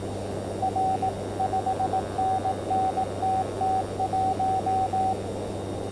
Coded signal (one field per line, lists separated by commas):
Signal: Morse code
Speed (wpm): 18 wpm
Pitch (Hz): 760 Hz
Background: radio noise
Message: R 5NN TT1